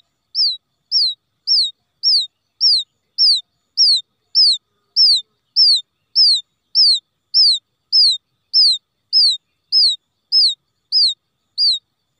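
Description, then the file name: Quail chick producing a long, regular series of high falling whistled peeps, about one every six-tenths of a second. Quail chick calling for its mother after becoming lost from the flock. "tieng cut non keu goi me lac dan chuan"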